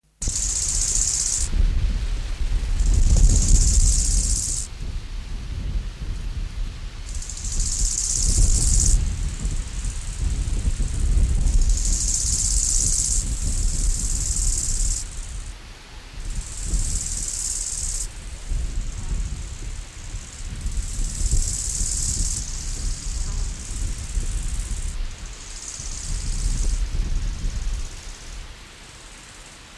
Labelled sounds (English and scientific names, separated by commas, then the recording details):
Bow-winged Grasshopper (Chorthippus biguttulus) stridulation
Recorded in the wild
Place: Lienen, Nordrhein-Westfalen, DE
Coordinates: 52.1553, 7.96528
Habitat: meadow, edge of the woods
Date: 1991-09-10 13:57
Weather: sunny, 21°C, gusty winds
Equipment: Marantz CP 430, Kopie Tesla B 116
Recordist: Tembrock, Günter
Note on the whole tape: Teuteburger Wald, Südhang, nördlich von Lienen. Stridulation